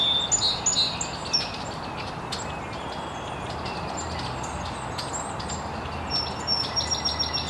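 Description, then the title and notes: Birds chirping in short scattered bursts of high notes, quieter in the middle, with a steady low hum and hiss underneath. Birds chirping very early in the morning in an estuary. "Birds Chirping in the Early Morning. Original sounds of birds chirping very early in the morning in an estuary"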